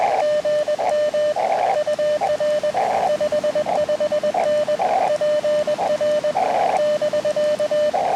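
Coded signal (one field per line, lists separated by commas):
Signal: Morse code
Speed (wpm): 20 wpm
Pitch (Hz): 600 Hz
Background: radio noise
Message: GM UR 55N PR <BK>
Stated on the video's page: CW POTA activation of a new park on Puerto Rico's north coast, using an Elecraft KX2 and Sidewinder antenna.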